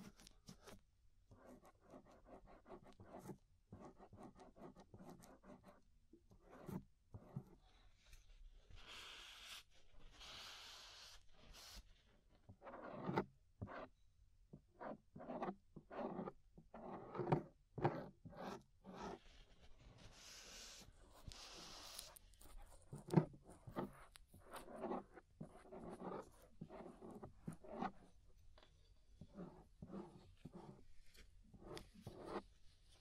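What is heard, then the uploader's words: Inner and outer ear scraping: a string of short, dry scratching strokes, some quick and clustered, others spaced apart with brief quiet gaps. A few strokes are brighter and hissier, especially around ten and twenty-one seconds, over a faint low rumble throughout. Inner and Outer Ear Scraping (No Talking).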